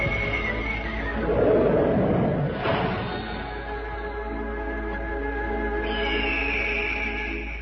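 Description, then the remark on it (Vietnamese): A horse whinnies once, a shrill, quavering neigh that rises and then falls away, followed by a steady sustained hum of tones for several seconds. “2 người nắm tay nhau ra thảo nguyên, phóng ngựa, thả điêu.”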